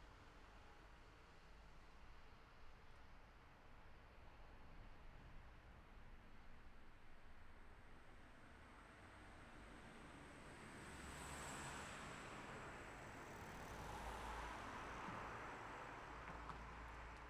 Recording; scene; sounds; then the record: everyday scene through a hearing-aid microphone; in traffic; traffic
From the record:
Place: city secondary road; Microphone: behind the ear, left, rear